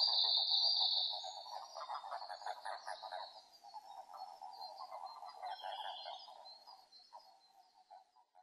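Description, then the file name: Eastern Japanese common toad giving a pulsed trill, continuous for about seven seconds before fading into scattered pulses, with a high thin sound at the start. Eastern subspecies (azumahikigaeru); recorded 5 June 2005. "050605 azumahikigaeru"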